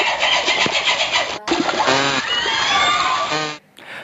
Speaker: 再让我们感受一下虎鲸的脉冲声是什么样子的。